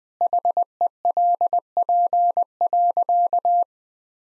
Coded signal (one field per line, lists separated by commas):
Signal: Morse code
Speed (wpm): 20 wpm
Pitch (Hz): 700 Hz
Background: none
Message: HELP.